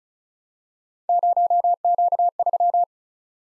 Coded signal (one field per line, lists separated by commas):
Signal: Morse code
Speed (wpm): 36 wpm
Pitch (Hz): 700 Hz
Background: none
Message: 0Q3